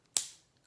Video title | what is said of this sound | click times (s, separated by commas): EDC 2021 Update - What I'm Carrying Nowadays... | clicks in place keeps it in place | 0.2 s